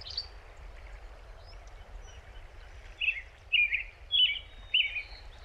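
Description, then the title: American robin caroling: after a quiet start, four slurred whistled phrases in quick succession. Big Thompson Canyon, Rocky Mountain National Park, Colorado, USA. "Robin's Home Song (Big Thompson Canyon, Colorado)"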